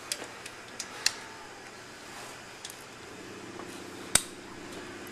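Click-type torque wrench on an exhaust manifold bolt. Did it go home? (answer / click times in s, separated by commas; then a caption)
yes / 4.1 s. A click-type torque wrench tightens exhaust manifold bolt number two, and a few faint taps and ratchet-like ticks occur early. At 4.1 seconds a sharp, loud click marks the wrench reaching its torque setting, confirming the bolt is torqued. A low hum continues in the background throughout.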